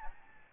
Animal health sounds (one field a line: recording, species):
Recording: mosquito wingbeat signal from an infrared sensor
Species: Aedes albopictus